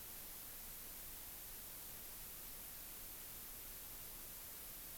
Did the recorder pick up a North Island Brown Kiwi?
no